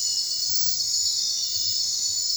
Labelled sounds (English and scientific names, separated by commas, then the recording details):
none
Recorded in secondary vegetation near Puerto Asís, Putumayo, Colombia, on 29 June 2025 at 00:00
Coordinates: 0.499, -76.323
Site G077